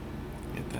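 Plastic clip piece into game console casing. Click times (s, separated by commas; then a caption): 0.6 s. A plastic clip piece is fitted into an Xbox 360 console casing during reassembly without fully taking the console back apart, with the top started first and then brought down and clipped in. Low handling rustle is heard, and a short sharp snap comes at 0.6 s. The plastic clip snaps into place and is seated.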